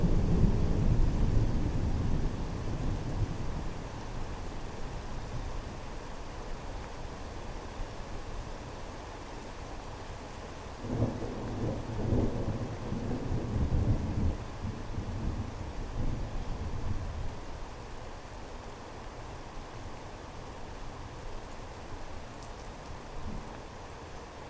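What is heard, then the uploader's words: Thunder rolls through a steady wash of rain, with a deep rumble dominating the first few seconds before fading. A second, softer roll builds around eleven seconds and lingers until about fifteen, then the rain continues alone as a soft, even hiss. A soundscape of thunderstorm recordings.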